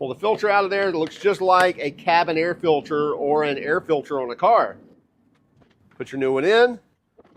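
Someone talks while swapping the pleated filter on the power head of a 110 CFM EGO 56V 9-gallon wet/dry shop vacuum: the old filter is pulled out and the new one is put in, with the plastic filter retaining clip still to be closed over it. After the talking stops, faint handling taps are heard around 5.4, 5.7 and 7.2 seconds. Nothing has seated or clicked yet.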